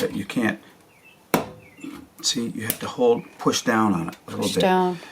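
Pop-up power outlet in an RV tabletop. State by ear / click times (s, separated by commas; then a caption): released / 1.3 s. A pop-up USB/power outlet in an RV tabletop is pressed down to free its lock, which had been caught on the slide, so it can rise. Someone talks throughout, and a single sharp knock at 1.3 s marks the lock clicking free and releasing.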